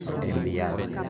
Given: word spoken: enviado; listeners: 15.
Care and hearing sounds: one Spanish word in noise, from a listening test; eight-talker babble; -1.3 dB; 0 of 15; 14 of 15; 0.69 s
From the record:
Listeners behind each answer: 14, 1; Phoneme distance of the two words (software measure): 17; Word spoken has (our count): 3 syllables, 7 phonemes, stress on syllable 2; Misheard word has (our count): 2 syllables, 6 phonemes, stress on syllable 2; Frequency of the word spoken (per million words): 37.78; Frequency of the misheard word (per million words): 20.98

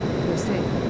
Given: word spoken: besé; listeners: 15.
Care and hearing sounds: one Spanish word in noise, from a listening test; speech-shaped noise; -5.6 dB; 0 of 15; 7 of 15; 0.50 s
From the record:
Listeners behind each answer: 7, 2, 1, 1, 1, 1, 1, 1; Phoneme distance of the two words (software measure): 17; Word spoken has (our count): 2 syllables, 4 phonemes, stress on syllable 2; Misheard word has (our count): 3 syllables, 5 phonemes, stress on syllable 2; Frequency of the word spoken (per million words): 1.31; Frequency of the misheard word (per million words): 95.03

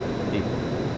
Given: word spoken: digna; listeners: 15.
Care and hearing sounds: one Spanish word in noise, from a listening test; speech-shaped noise; -5.5 dB; 0 of 15; 6 of 15; 0.58 s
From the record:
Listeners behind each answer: 6, 2, 2, 1, 1, 1, 1, 1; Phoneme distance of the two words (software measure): 34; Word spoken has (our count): 2 syllables, 5 phonemes, stress on syllable 1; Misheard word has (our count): 2 syllables, 3 phonemes, stress on syllable 1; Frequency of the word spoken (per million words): 14.21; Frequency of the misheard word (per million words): 198.59

